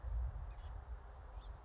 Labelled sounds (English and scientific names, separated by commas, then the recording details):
House Finch (Haemorhous mexicanus)
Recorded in Sonoma County, California